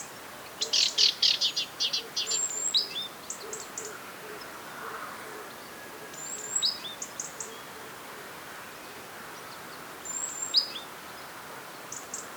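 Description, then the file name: Great tit calls: a burst of harsh, rapid chattering notes at the start, then shorter chatters later, mixed with thin high drawn-out whistles and faint low notes. "Parus major"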